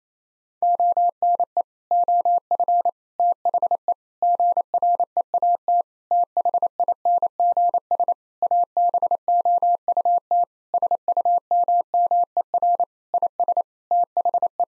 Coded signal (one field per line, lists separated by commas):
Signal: Morse code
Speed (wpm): 28 wpm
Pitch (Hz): 700 Hz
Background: none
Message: ONE OF THE GREAT THINGS ABOUT SUMMER IS THE